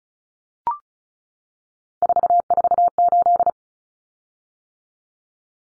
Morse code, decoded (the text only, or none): 448